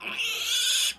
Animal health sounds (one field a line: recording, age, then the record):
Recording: pig call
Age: piglet (1 to 25 days)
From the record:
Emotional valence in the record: negative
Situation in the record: castration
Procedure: castration, cut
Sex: male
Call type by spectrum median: high-frequency call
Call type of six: high-frequency modulated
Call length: 0.99 s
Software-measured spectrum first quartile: 3122 Hz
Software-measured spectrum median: 4203 Hz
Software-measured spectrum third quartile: 7207 Hz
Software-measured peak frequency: 3431 Hz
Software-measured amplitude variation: 106 dB a second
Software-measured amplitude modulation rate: 22.8 a second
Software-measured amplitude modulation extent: 4.7 dB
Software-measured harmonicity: 4.7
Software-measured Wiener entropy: -2.48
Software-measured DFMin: 988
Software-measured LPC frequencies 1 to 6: 1442, 2649, 3433, 5025, 6614, 8768 Hz